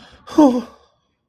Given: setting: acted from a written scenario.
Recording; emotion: vocal sound without words; sadness